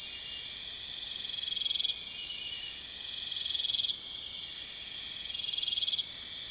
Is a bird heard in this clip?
no